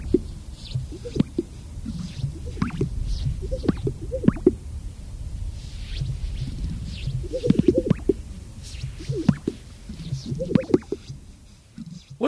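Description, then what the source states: Greater sage-grouse display: soft, irregular popping and plopping notes come in small clusters over a low rumbling background. Mating call, given as part of the mating ritual.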